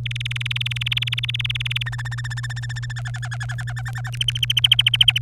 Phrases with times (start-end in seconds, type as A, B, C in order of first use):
0.06-1.83 A, 1.86-2.92 B, 2.96-4.10 C, 4.12-5.18 D